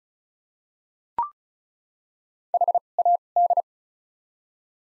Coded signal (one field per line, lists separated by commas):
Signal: Morse code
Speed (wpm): 36 wpm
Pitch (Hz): 700 Hz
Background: none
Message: H A D